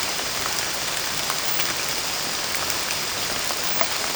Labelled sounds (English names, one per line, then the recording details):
none
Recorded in pastures near Puerto Asís, Putumayo, Colombia, on 18 December 2024 at 23:30
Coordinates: 0.466, -76.322
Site G040